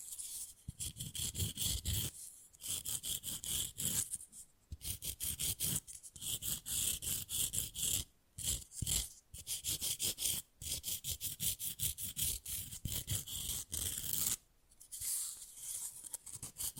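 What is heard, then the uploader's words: Fast, rough nail filing in dense rasping strokes comes in bursts of a second or two, broken by brief pauses every few seconds. Manicure Session Fast & Rough Nail Filing + Tapping.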